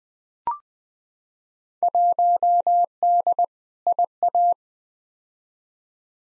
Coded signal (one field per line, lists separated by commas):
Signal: Morse code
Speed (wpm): 20 wpm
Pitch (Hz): 700 Hz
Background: none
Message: 1D IA